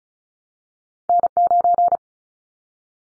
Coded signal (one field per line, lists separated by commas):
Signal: Morse code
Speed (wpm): 34 wpm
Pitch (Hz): 700 Hz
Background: none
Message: N9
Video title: Callsign Prefixes for Top 25 DXCC Repeated 35wpm